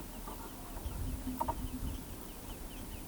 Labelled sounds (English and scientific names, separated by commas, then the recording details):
none
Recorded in pastures near Pivijay, Magdalena, Colombia, on 18 April 2023 at 18:00
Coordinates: 10.456, -74.369
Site P6-G026